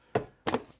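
A plastic trim piece on a Tesla Model 3, being refitted during a Hansshow power frunk install, is pushed down onto its bottom clips and then its top clips into the car body. Sharp snaps are heard at about 0.2 s and 0.5 s, with a quieter follow-up snap right after the second. The trim piece is seated, its clips snapped home.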